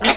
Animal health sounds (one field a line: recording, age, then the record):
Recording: pig call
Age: piglet (1 to 25 days)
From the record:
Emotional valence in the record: negative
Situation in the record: crushing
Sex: female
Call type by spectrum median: low-frequency call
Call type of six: low-frequency tonal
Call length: 0.17 s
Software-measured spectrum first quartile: 633 Hz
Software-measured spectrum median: 1510 Hz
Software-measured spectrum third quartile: 2726 Hz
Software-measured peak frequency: 829 Hz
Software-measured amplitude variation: 165 dB a second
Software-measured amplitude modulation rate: 8.7 a second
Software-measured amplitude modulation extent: 18.9 dB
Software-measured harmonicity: 0.0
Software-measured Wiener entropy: -1.07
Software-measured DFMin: 706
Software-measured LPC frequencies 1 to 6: 692, 2279, 3077, 3602, 6271, 7483 Hz